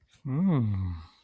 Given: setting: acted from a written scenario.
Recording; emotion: vocal sound without words; desire